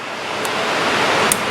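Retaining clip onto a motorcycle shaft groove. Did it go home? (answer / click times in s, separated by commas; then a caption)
yes / 1.3 s. A locking retaining clip with a washer, sharp side in, is opened and pushed onto a motorcycle shaft over a steady broadband hiss, with a faint tick near 0.5 s. At 1.3 s a short, sharp snap is heard as the clip seats in its groove, confirmed seated by sight, and the shaft still spins freely.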